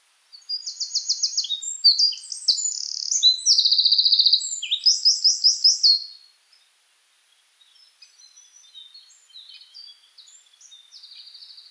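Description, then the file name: Eurasian wren singing a loud, rapid run of high trills and sharp notes for about six seconds, then quieter high twittering fragments. "Troglodytes troglodytes"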